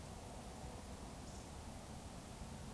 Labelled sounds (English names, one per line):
Eurasian Woodcock whistle